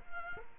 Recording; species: mosquito wingbeat signal from an infrared sensor; Culex quinquefasciatus